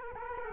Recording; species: mosquito wingbeat signal from an infrared sensor; Culex quinquefasciatus